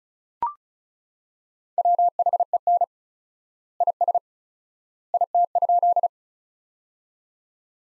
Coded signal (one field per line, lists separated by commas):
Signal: Morse code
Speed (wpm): 34 wpm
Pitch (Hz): 700 Hz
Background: none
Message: WHEN IS IT?